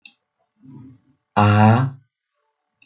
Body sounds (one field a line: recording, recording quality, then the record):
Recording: sustained vowel as in made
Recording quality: excellent, no background noise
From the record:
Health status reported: recovered from COVID-19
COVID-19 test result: positive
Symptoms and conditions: cold, fever, fatigue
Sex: male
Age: 30 years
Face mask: not worn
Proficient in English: no